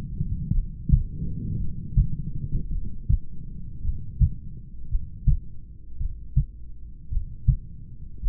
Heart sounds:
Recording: heart sounds by stethoscope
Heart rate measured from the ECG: 55 bpm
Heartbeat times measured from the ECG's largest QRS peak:
0.57 s: heartbeat
1.62 s: heartbeat
2.75 s: heartbeat
3.87 s: heartbeat
4.93 s: heartbeat
6.03 s: heartbeat
7.14 s: heartbeat
8.25 s: heartbeat
From the record:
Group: heart failure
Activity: rest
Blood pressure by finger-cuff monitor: 127/74 mmHg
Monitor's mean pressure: 87 mmHg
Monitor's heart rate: 54 bpm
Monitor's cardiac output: 5.4 L/min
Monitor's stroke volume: 99 mL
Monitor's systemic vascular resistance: 1190 dyn s/cm5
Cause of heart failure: familial cardiomyopathy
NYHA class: 1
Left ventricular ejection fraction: 49%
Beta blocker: bisoprolol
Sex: male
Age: 31 years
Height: 194 cm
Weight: 96 kg

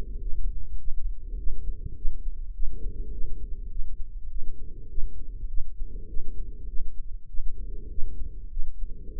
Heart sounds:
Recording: heart sounds by microphone in the right ear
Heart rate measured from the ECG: 101 bpm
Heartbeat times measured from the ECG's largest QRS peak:
0.22 s: heartbeat
0.81 s: heartbeat
1.40 s: heartbeat
1.98 s: heartbeat
2.56 s: heartbeat
3.13 s: heartbeat
3.72 s: heartbeat
4.31 s: heartbeat
4.91 s: heartbeat
5.50 s: heartbeat
6.09 s: heartbeat
6.69 s: heartbeat
7.30 s: heartbeat
7.91 s: heartbeat
8.52 s: heartbeat
9.13 s: heartbeat
From the record:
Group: healthy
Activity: rest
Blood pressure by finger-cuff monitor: 137/77 mmHg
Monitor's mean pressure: 95 mmHg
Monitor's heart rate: 100 bpm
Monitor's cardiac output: 7.6 L/min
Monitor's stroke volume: 74 mL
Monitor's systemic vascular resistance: 930 dyn s/cm5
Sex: female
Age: 43 years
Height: 160 cm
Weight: 90 kg

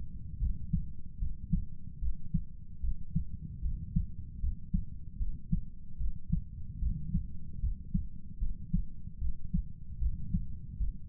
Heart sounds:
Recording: heart sounds by stethoscope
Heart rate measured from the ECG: 75 bpm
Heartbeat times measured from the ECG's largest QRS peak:
0.40 s: heartbeat
1.20 s: heartbeat
2.00 s: heartbeat
2.81 s: heartbeat
3.62 s: heartbeat
4.41 s: heartbeat
5.18 s: heartbeat
5.98 s: heartbeat
6.80 s: heartbeat
7.61 s: heartbeat
8.40 s: heartbeat
9.19 s: heartbeat
9.99 s: heartbeat
10.78 s: heartbeat
From the record:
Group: healthy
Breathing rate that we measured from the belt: 18 breaths a minute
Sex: male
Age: 35 years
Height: 180 cm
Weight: 86.9 kg

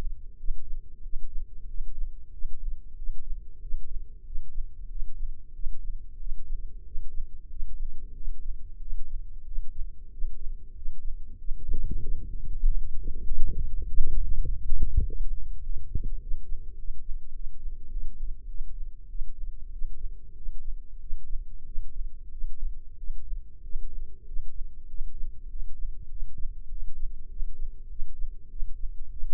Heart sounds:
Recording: heart sounds by microphone in the right ear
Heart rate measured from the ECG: 96 bpm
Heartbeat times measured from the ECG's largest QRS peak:
0.35 s: heartbeat
1.00 s: heartbeat
1.65 s: heartbeat
2.30 s: heartbeat
2.94 s: heartbeat
3.59 s: heartbeat
4.23 s: heartbeat
4.87 s: heartbeat
5.52 s: heartbeat
6.17 s: heartbeat
6.82 s: heartbeat
7.47 s: heartbeat
8.12 s: heartbeat
8.78 s: heartbeat
9.43 s: heartbeat
10.09 s: heartbeat
10.73 s: heartbeat
11.36 s: heartbeat
11.99 s: heartbeat
12.62 s: heartbeat
13.23 s: heartbeat
13.84 s: heartbeat
14.44 s: heartbeat
15.03 s: heartbeat
15.61 s: heartbeat
16.18 s: heartbeat
16.75 s: heartbeat
17.32 s: heartbeat
17.88 s: heartbeat
18.46 s: heartbeat
19.07 s: heartbeat
19.69 s: heartbeat
20.34 s: heartbeat
20.98 s: heartbeat
21.64 s: heartbeat
22.29 s: heartbeat
22.96 s: heartbeat
23.61 s: heartbeat
24.24 s: heartbeat
24.86 s: heartbeat
25.48 s: heartbeat
26.08 s: heartbeat
26.68 s: heartbeat
27.28 s: heartbeat
27.87 s: heartbeat
28.48 s: heartbeat
29.09 s: heartbeat
From the record:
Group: healthy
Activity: rest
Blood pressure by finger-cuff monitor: 101/76 mmHg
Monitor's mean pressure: 84 mmHg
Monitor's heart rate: 94 bpm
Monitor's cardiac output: 7.3 L/min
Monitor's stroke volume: 77 mL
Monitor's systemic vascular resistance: 830 dyn s/cm5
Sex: male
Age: 19 years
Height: 178 cm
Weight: 83 kg

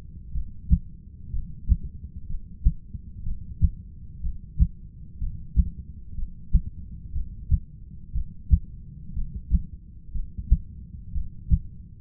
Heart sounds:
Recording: heart sounds by stethoscope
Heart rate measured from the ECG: 61 bpm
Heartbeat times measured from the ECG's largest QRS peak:
0.32 s: heartbeat
1.31 s: heartbeat
2.27 s: heartbeat
3.23 s: heartbeat
4.21 s: heartbeat
5.19 s: heartbeat
6.15 s: heartbeat
7.13 s: heartbeat
8.13 s: heartbeat
9.14 s: heartbeat
10.13 s: heartbeat
11.12 s: heartbeat
From the record:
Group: heart failure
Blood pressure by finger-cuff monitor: 105/71 mmHg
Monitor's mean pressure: 83 mmHg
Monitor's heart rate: 61 bpm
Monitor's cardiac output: 6.7 L/min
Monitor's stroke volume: 110 mL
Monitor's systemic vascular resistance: 900 dyn s/cm5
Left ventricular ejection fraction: 25%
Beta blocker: metoprolol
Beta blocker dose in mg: 62.5 twice daily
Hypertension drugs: ramipril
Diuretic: furosemide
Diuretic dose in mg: 40 twice daily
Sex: male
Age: 57 years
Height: 180 cm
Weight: 90.5 kg

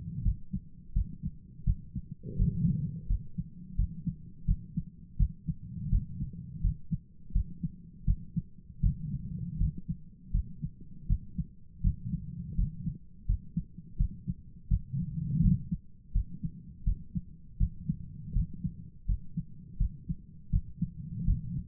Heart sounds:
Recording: heart sounds by stethoscope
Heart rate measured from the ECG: 83 bpm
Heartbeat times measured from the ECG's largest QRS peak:
0.22 s: heartbeat
0.92 s: heartbeat
1.64 s: heartbeat
2.36 s: heartbeat
3.07 s: heartbeat
3.75 s: heartbeat
4.45 s: heartbeat
5.16 s: heartbeat
5.89 s: heartbeat
6.61 s: heartbeat
7.32 s: heartbeat
8.04 s: heartbeat
8.80 s: heartbeat
9.57 s: heartbeat
10.31 s: heartbeat
11.06 s: heartbeat
11.81 s: heartbeat
12.55 s: heartbeat
13.26 s: heartbeat
13.96 s: heartbeat
14.67 s: heartbeat
15.40 s: heartbeat
16.12 s: heartbeat
16.83 s: heartbeat
17.57 s: heartbeat
18.32 s: heartbeat
19.05 s: heartbeat
19.77 s: heartbeat
20.50 s: heartbeat
21.24 s: heartbeat
From the record:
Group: healthy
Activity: rest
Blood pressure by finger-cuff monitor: 157/84 mmHg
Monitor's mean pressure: 101 mmHg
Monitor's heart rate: 83 bpm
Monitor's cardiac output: 8.3 L/min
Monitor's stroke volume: 100 mL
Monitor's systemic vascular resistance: 900 dyn s/cm5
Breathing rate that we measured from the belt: 20 breaths a minute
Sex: male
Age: 57 years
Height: 188 cm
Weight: 106 kg

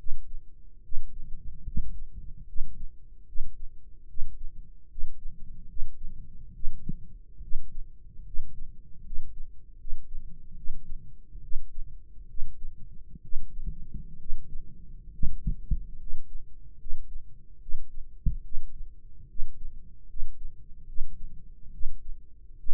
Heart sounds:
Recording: heart sounds by microphone in the right ear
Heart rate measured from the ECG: 72 bpm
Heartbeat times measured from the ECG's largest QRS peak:
0.82 s: heartbeat
1.64 s: heartbeat
2.45 s: heartbeat
3.25 s: heartbeat
4.07 s: heartbeat
4.88 s: heartbeat
5.66 s: heartbeat
6.52 s: heartbeat
7.40 s: heartbeat
8.23 s: heartbeat
9.02 s: heartbeat
9.77 s: heartbeat
10.55 s: heartbeat
11.41 s: heartbeat
12.27 s: heartbeat
13.21 s: heartbeat
14.17 s: heartbeat
15.11 s: heartbeat
15.97 s: heartbeat
16.77 s: heartbeat
17.59 s: heartbeat
18.42 s: heartbeat
19.27 s: heartbeat
20.06 s: heartbeat
20.85 s: heartbeat
21.71 s: heartbeat
22.56 s: heartbeat
From the record:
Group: healthy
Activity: rest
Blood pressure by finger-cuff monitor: 134/80 mmHg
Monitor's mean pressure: 97 mmHg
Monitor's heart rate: 71 bpm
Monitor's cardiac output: 6.1 L/min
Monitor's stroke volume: 84 mL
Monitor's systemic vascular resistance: 1160 dyn s/cm5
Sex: male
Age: 21 years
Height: 180 cm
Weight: 67.5 kg

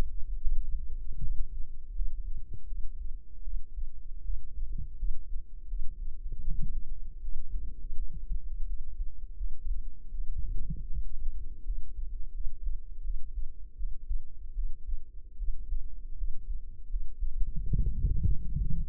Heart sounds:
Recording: heart sounds by microphone in the right ear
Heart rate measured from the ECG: 80 bpm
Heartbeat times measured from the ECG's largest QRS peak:
0.40 s: heartbeat
1.20 s: heartbeat
1.93 s: heartbeat
2.66 s: heartbeat
3.43 s: heartbeat
4.22 s: heartbeat
4.96 s: heartbeat
5.67 s: heartbeat
6.41 s: heartbeat
7.19 s: heartbeat
7.96 s: heartbeat
8.65 s: heartbeat
9.36 s: heartbeat
10.10 s: heartbeat
10.88 s: heartbeat
11.64 s: heartbeat
12.32 s: heartbeat
13.02 s: heartbeat
13.75 s: heartbeat
14.53 s: heartbeat
15.36 s: heartbeat
16.16 s: heartbeat
16.88 s: heartbeat
17.64 s: heartbeat
18.44 s: heartbeat
From the record:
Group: healthy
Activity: rest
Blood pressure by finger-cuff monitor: 106/75 mmHg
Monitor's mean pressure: 85 mmHg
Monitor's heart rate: 80 bpm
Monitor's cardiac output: 6.7 L/min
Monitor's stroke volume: 83 mL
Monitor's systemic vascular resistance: 930 dyn s/cm5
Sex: female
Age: 22 years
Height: 160 cm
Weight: 45 kg

